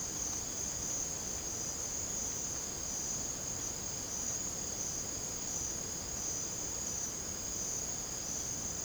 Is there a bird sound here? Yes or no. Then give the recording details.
no. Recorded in secondary vegetation near Puerto Asís, Putumayo, Colombia, on 18 December 2024 at 01:30. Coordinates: 0.489, -76.322. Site G059